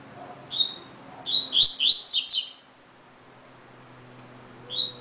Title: Canto Coleiro